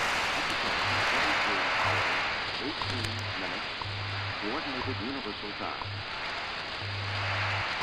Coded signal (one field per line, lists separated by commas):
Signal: radio time signal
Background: speech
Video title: STANAG 4285 over WWV 09-06-2018 2317z